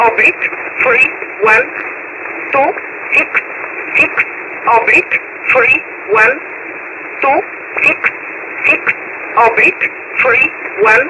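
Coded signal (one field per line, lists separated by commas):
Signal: numbers station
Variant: E11 (Oblique)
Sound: single voice reading short, evenly spaced numbers through hissy single-sideband radio noise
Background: radio static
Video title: 10356kHz USB Polish Number Station E11 calling 266 (Jun 19, 2025)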